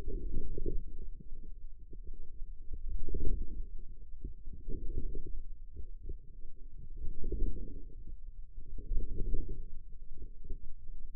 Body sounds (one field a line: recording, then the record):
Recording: forearm muscle sounds (acoustic myography)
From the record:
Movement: inward rotation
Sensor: system 2, bracelet of six BSWA MPA416 microphones around the upper forearm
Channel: 5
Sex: female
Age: 21 years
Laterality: right